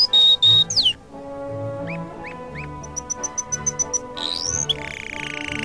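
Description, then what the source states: Canary whistling a clear note and a sliding downslur, then spaced chirps, a run of high thin pips and a final buzzy trill, with soft music behind. Canary song mixed with music.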